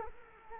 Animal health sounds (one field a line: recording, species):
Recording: mosquito wingbeat signal from an infrared sensor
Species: Culex quinquefasciatus